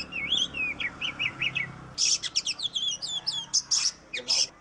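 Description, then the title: Oriental magpie-robin song: rising whistled notes at first, then a rapid run of scratchy, buzzy chattering phrases with brief pauses. "Suara Kacer"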